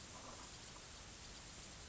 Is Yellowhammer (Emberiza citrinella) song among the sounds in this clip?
no